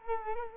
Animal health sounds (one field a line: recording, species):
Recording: mosquito wingbeat signal from an infrared sensor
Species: Culex quinquefasciatus